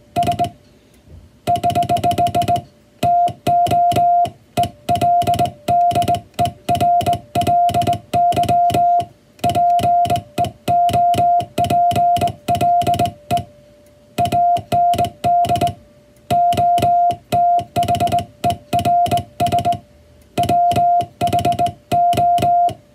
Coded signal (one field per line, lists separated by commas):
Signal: Morse code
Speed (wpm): 20 wpm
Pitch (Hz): 700 Hz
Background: music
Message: S <HH> TO ELDERLY PEOPLE AND OTHERS WHO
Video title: 【モールス信号を解読せよ！】暗号のようなトンとツーの信号を解読すると文章になります。こんな仕事がありました(receive practice for radiotelegraph operator )